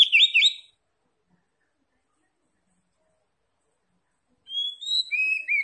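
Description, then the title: Oriental magpie-robin song in two short bursts of quick chirpy whistled notes, one at the start and one at the end, with silence between. Oriental magpie-robin linked to Tretes, described as singing vigorously (gacor). "Kacer Tretes"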